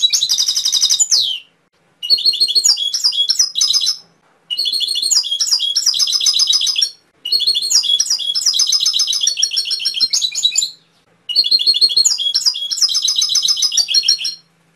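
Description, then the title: Canary singing long phrases of fast, high trills and twittering rolls, five bursts each lasting a few seconds with short pauses between. Canary training (masteran) song with full isian content. "mster Mnuk. Masteran Kenari Full Isian"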